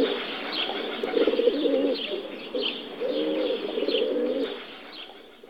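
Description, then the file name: Rock dove cooing, a low, soft, rolling coo repeated several times. "holub-skalní"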